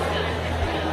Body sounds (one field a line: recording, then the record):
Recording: background sound without coughing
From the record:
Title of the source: CITY SOUNDS Busy Bar in the Evening Night - 2 HOURS of Ambiance for Relaxation